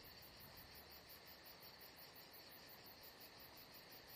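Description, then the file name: Cricket chorus of fast, even high pulses, several per second, carrying on without pause above a low hiss. Atmosphere at Saint-Jean-de-Luz. "Saint Jean De Luz Crickets Atmosphere Only Paul Parker Sven Jungbeck"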